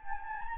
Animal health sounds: mosquito wingbeat signal from an infrared sensor; Anopheles gambiae

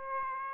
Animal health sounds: mosquito wingbeat signal from an infrared sensor; Aedes aegypti

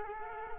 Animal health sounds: mosquito wingbeat signal from an infrared sensor; Culex quinquefasciatus

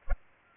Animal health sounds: mosquito wingbeat signal from an infrared sensor; Culex pipiens

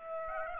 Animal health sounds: mosquito wingbeat signal from an infrared sensor; Aedes aegypti

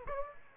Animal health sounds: mosquito wingbeat signal from an infrared sensor; Aedes aegypti

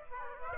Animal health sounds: mosquito wingbeat signal from an infrared sensor; Aedes aegypti

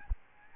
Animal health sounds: mosquito wingbeat signal from an infrared sensor; Aedes albopictus

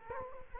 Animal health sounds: mosquito wingbeat signal from an infrared sensor; Culex quinquefasciatus

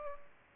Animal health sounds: mosquito wingbeat signal from an infrared sensor; Culex pipiens

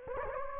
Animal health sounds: mosquito wingbeat signal from an infrared sensor; Anopheles gambiae

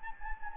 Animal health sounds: mosquito wingbeat signal from an infrared sensor; Anopheles gambiae

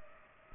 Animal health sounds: mosquito wingbeat signal from an infrared sensor; Culex pipiens

